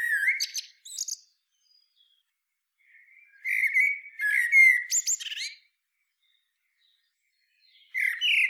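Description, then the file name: Eurasian blackbird song in bursts: short fluty whistles, then a longer phrase of mellow notes mixed with high squeaky chirps, another phrase starting at the end. "Turdus merula"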